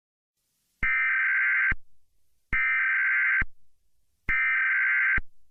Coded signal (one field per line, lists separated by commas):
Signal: Emergency Alert System (SAME) tones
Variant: header bursts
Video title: EAS Scenario - The Bear5 Massacre